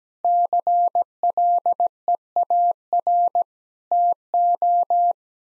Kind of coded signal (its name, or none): Morse code